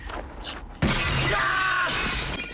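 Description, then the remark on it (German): A sudden loud crash as large glass shards are knocked out, followed by about a second and a half of dense crunching and tinkling debris that slowly fades, with no voices. “Lass erstmal gemeinsam die großen Scherben daraus schlagen.”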